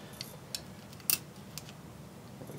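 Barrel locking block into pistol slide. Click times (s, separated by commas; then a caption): 1.1 s. During reassembly of a stainless Beretta 92 FS INOX pistol, the barrel's locking block is pressed home into the slide, producing several small, sharp metal clicks at about 0.2, 0.6, 1.1 and 1.6 seconds. The loudest click, at 1.1 seconds, is the locking block popping into place and seating.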